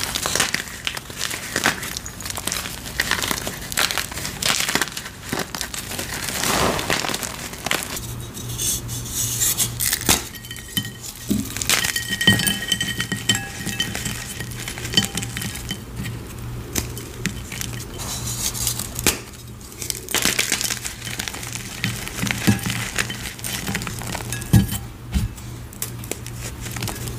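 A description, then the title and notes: Gym chalk is crushed in a steady run of dense, gritty crunching and crinkling, with sharper snaps and clicks scattered throughout. A low, even hum enters around eight seconds and continues to the end beneath the crushing. A series of short gym chalk crushing videos.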